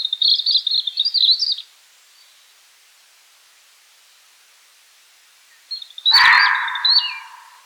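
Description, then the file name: European robin song: a quick, thin warbled phrase high in pitch, a long pause, then a sudden sharp burst of noise mixed with another high twittering phrase. "rotkehlchen"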